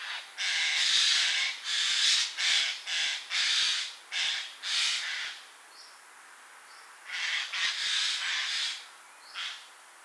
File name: Garrulus glandarius